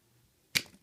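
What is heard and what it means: A release button is pressed on a plastic toy launcher, and a spring fires out the small figure that had been clicked and lightly wedged into it. A sharp release snap lands at 0.6 s after a quiet lead-in, then fades with a few small rattles. The figure is launched out of the deployer.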